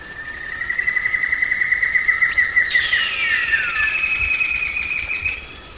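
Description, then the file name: Wattled curassow holding a long, slightly pulsing whistle on one pitch, with a higher note that sweeps down across it midway; a steady high tone runs throughout. "Wattled Currassow Karunkelhokko"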